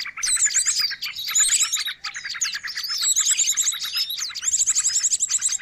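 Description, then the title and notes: Birds chattering loudly, with busy high-pitched chirps, quick trills and sliding whistles crowded together, dipping briefly near two seconds. Long-duration noisy bird sounds used as a lure for catching birds; master training audio. "Master Burung Ribut Durasi Panjang. Burung Ribut Pikat"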